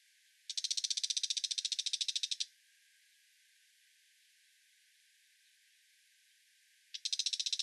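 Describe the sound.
Brown shrike dry, harsh rattle of rapid notes lasting about two seconds, a long pause, then another rattle starting near the end.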